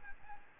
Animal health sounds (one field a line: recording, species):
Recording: mosquito wingbeat signal from an infrared sensor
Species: Aedes albopictus